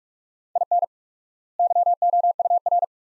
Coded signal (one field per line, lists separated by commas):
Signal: Morse code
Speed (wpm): 42 wpm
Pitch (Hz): 700 Hz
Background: none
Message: IN YOUR